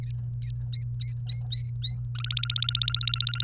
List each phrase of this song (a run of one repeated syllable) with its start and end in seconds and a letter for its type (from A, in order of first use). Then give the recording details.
0.01-0.11 A, 0.42-1.98 A, 2.15-3.43 B. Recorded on 28 April 2018 at 16:02. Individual llb3